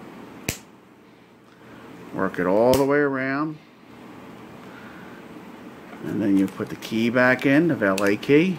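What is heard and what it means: A plastic Chrysler key fob case is pressed closed around its edge after a battery change, and a sharp snap at 0.5 s marks a section of the two case halves clipping home, seating it shut. Someone then talks over a low steady hum.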